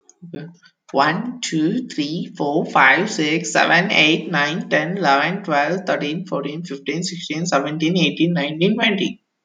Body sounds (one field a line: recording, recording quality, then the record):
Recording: counting at a normal pace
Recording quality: excellent, no background noise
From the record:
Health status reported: COVID-19 positive, moderate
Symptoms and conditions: cold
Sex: female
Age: 50 years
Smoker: not ticked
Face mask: not worn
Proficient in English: yes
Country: France